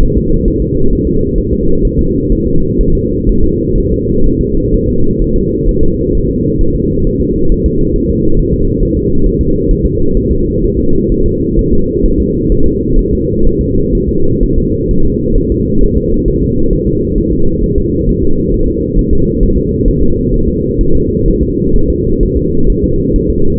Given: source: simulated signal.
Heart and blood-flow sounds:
fetal heart sounds
0.03 s: S1
0.18 s: S2
0.48 s: S1
0.62 s: S2
0.93 s: S1
1.07 s: S2
1.38 s: S1
1.53 s: S2
1.85 s: S1
1.99 s: S2
2.32 s: S1
2.47 s: S2
2.81 s: S1
2.95 s: S2
3.29 s: S1
3.44 s: S2
3.78 s: S1
3.92 s: S2
4.26 s: S1
4.41 s: S2
4.74 s: S1
4.89 s: S2
5.22 s: S1
5.36 s: S2
5.68 s: S1
5.83 s: S2
6.15 s: S1
6.29 s: S2
6.61 s: S1
6.76 s: S2
7.07 s: S1
7.21 s: S2
7.52 s: S1
7.66 s: S2
7.96 s: S1
8.10 s: S2
8.39 s: S1
8.54 s: S2
8.83 s: S1
8.97 s: S2
9.26 s: S1
9.41 s: S2
9.71 s: S1
9.86 s: S2
10.17 s: S1
10.32 s: S2
10.64 s: S1
10.79 s: S2
11.12 s: S1
11.26 s: S2
11.59 s: S1
11.73 s: S2
12.06 s: S1
12.20 s: S2
12.52 s: S1
12.66 s: S2
12.99 s: S1
13.13 s: S2
13.47 s: S1
13.61 s: S2
13.95 s: S1
14.09 s: S2
14.43 s: S1
14.58 s: S2
14.91 s: S1
15.05 s: S2
15.38 s: S1
15.52 s: S2
15.83 s: S1
15.98 s: S2
16.28 s: S1
16.43 s: S2
16.73 s: S1
16.87 s: S2
17.18 s: S1
17.32 s: S2
17.64 s: S1
17.78 s: S2
18.09 s: S1
18.23 s: S2
18.54 s: S1
18.68 s: S2
18.99 s: S1
19.13 s: S2
19.43 s: S1
19.57 s: S2
19.88 s: S1
20.02 s: S2
20.34 s: S1
20.48 s: S2
20.81 s: S1
20.95 s: S2
21.28 s: S1
21.43 s: S2
21.76 s: S1
21.90 s: S2
22.23 s: S1
22.37 s: S2
22.70 s: S1
22.84 s: S2
23.16 s: S1
23.30 s: S2
From the record:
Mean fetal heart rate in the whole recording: 130 bpm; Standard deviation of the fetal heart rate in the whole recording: 4 bpm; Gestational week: 38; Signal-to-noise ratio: -17.7 dB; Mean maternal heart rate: 72 bpm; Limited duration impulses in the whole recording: present

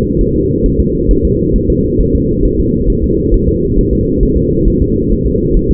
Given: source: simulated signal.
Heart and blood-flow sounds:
fetal heart sounds
0.21 s: S1
0.36 s: S2
0.66 s: S1
0.80 s: S2
1.11 s: S1
1.25 s: S2
1.56 s: S1
1.70 s: S2
2.01 s: S1
2.15 s: S2
2.45 s: S1
2.60 s: S2
2.90 s: S1
3.04 s: S2
3.34 s: S1
3.48 s: S2
3.79 s: S1
3.93 s: S2
4.23 s: S1
4.37 s: S2
4.68 s: S1
4.82 s: S2
5.12 s: S1
5.27 s: S2
5.56 s: S1
5.71 s: S2
From the record:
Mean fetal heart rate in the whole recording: 135 bpm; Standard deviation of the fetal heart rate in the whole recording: 3 bpm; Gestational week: 36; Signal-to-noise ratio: -10.2 dB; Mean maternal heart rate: 72 bpm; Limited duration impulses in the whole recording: present

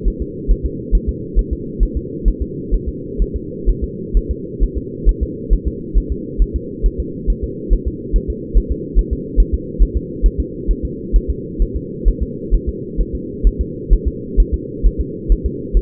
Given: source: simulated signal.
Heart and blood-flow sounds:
fetal heart sounds
0.08 s: S1
0.22 s: S2
0.51 s: S1
0.66 s: S2
0.95 s: S1
1.09 s: S2
1.39 s: S1
1.53 s: S2
1.83 s: S1
1.97 s: S2
2.28 s: S1
2.42 s: S2
2.74 s: S1
2.88 s: S2
3.22 s: S1
3.36 s: S2
3.69 s: S1
3.84 s: S2
4.17 s: S1
4.31 s: S2
4.63 s: S1
4.78 s: S2
5.09 s: S1
5.23 s: S2
5.53 s: S1
5.68 s: S2
5.98 s: S1
6.12 s: S2
6.42 s: S1
6.56 s: S2
6.86 s: S1
7.00 s: S2
7.30 s: S1
7.44 s: S2
7.73 s: S1
7.88 s: S2
8.16 s: S1
8.30 s: S2
8.57 s: S1
8.72 s: S2
8.99 s: S1
9.13 s: S2
9.40 s: S1
9.54 s: S2
9.82 s: S1
9.97 s: S2
10.26 s: S1
10.40 s: S2
10.71 s: S1
10.85 s: S2
11.16 s: S1
11.30 s: S2
11.62 s: S1
11.76 s: S2
12.08 s: S1
12.23 s: S2
12.55 s: S1
12.69 s: S2
13.00 s: S1
13.15 s: S2
13.47 s: S1
13.61 s: S2
13.93 s: S1
14.07 s: S2
14.40 s: S1
14.54 s: S2
14.86 s: S1
15.01 s: S2
15.32 s: S1
15.46 s: S2
15.77 s: S1
From the record:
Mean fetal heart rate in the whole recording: 135 bpm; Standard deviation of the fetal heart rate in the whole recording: 3 bpm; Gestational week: 36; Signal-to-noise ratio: -4.1 dB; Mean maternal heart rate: no maternal heart sound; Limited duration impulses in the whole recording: absent

